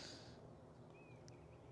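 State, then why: Not seated. The plastic plug of a Sling Mods brake light modulator (flasher) adapter is pushed into the brake light wiring connector on a 2024 Can-Am Spyder. Over a steady low background hiss, only a brief, faint tap is heard. The plug has not snapped in; nothing has seated or clicked yet.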